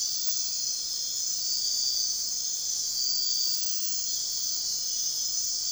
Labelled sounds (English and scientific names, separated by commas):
none